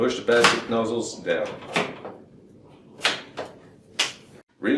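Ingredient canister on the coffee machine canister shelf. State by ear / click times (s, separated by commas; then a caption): seated / 4.0 s. Someone talks while the fourth ingredient canister is reinstalled on the canister shelf of a Wittenborg 9100 coffee machine. The green plastic locking lever clicks at 4.0 s, confirming the canister is seated and secured.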